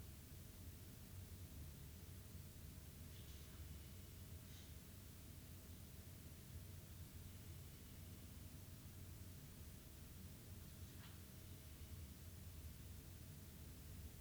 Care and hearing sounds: daily activity, guitar pickup as the sensor; sit

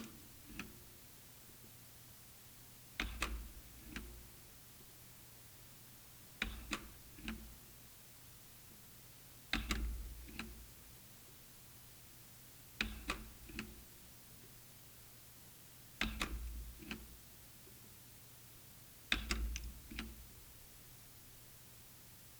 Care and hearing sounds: daily activity, guitar pickup as the sensor; manipulate door

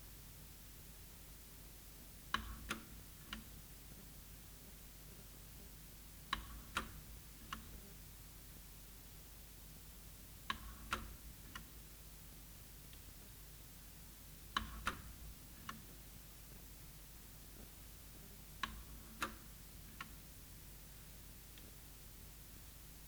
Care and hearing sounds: daily activity, guitar pickup as the sensor; manipulate door

